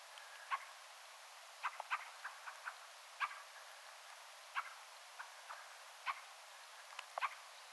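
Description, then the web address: Fieldfare chacks, dry clicking notes in loose pairs and singles spread throughout, with quieter answering clicks behind. Attention-seeking calls of one fieldfare, with a second and a third fieldfare calling in the background; recorded 17 December 2024. "paivat 17 12 2024 rakattirastaan huomioaantelya taustalla toinen ja kolmaskin rakattirastas"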